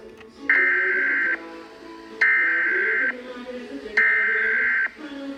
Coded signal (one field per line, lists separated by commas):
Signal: Emergency Alert System (SAME) tones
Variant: header bursts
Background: speech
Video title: EAS #335 Required Monthly Test